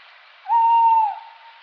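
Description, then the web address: Tawny owl hooting once: one clear, even note held for just over half a second, with a faint hiss behind it. "strix aluco call"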